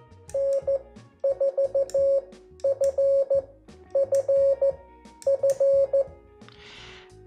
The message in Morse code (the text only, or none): N4FFF